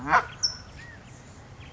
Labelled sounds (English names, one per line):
California Towhee